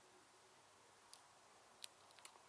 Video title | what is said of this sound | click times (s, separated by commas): Customizer Corner: SH Figurarts Mighty Morphin' White Ranger Breakdown (in 1080p) | Pops right in there, stays in securely. | 1.8 s